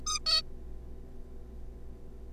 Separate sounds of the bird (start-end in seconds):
0.06-0.19, 0.26-0.41